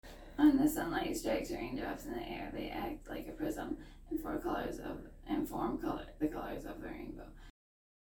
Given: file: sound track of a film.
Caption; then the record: Laryngeal dystonia was present with speech.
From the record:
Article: Patient Selection for Deep Brain Stimulation for Pantothenate Kinase-Associated Neurodegeneration